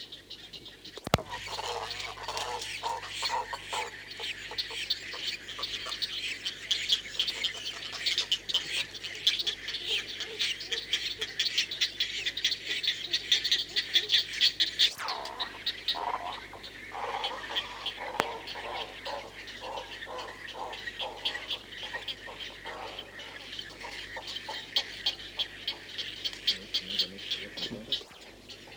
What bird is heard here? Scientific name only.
Ardea alba